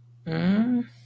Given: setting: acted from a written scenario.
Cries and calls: vocal sound without words; disappointment

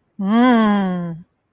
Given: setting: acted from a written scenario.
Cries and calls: vocal sound without words; interest

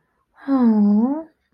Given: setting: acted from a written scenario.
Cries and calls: vocal sound without words; sympathy

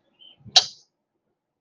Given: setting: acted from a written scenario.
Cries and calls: vocal sound without words; disappointment

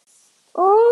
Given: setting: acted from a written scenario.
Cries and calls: vocal sound without words; shame

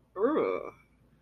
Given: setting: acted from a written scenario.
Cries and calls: vocal sound without words; disgust

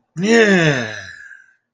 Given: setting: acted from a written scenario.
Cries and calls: vocal sound without words; elation

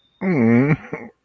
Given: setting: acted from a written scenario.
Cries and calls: vocal sound without words; adoration

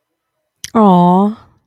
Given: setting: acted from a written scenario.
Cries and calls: vocal sound without words; adoration

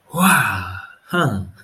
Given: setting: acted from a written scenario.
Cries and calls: vocal sound without words; positive surprise

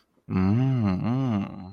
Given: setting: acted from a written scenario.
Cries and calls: vocal sound without words; desire

